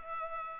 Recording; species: mosquito wingbeat signal from an infrared sensor; Culex pipiens